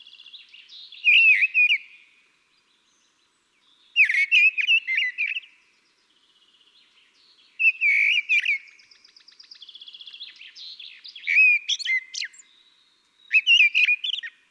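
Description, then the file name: Common blackbird song: five fluty warbled phrases with squeaky high notes, mostly separated by pauses, one followed by a faint buzzy trill. "Turdus merula"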